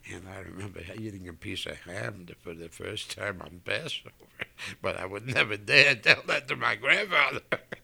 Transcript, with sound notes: and I remember eating a piece of ham for the first time, on Passover. (he laughs) But I would never dare tell that to my grandfather.